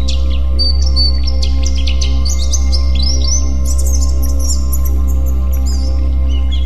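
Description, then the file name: White-eye song of quick, sharp high notes and little warbled slurs running without pause, backed by a steady deep hum. White-eye 'terapi' (therapy) song. "terapi pleci"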